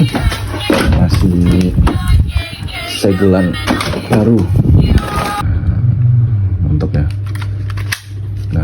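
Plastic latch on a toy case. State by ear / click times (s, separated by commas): seated / 7.9 s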